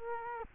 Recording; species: mosquito wingbeat signal from an infrared sensor; Culex quinquefasciatus